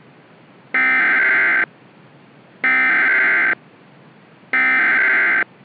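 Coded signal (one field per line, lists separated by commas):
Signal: Emergency Alert System (SAME) tones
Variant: header bursts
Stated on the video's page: EAS tones in a fictional EAS scenario about a hurricane making landfall in southern California.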